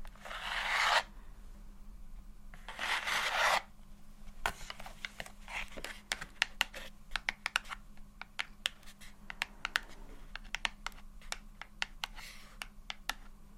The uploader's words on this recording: ASMR Low Light SoftGentle Tapping & Scratching For Sleep (No Talking).